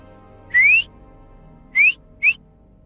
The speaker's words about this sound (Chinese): 靠着窗栏，轻佻地朝她吹了个口哨。